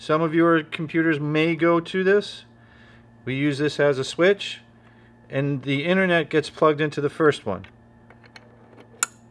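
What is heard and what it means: A network cable's plastic connector is pushed into the first port of a phone-system switch while someone talks. After a few faint taps, its latch tab snaps into the port with a sharp click at 9.0 seconds, and the connector is seated.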